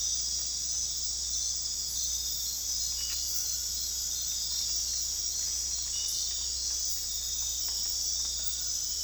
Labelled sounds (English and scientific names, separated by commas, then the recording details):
none
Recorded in dense forest near Puerto Asís, Putumayo, Colombia, on 21 December 2024 at 22:30
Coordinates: 0.486, -76.317
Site G003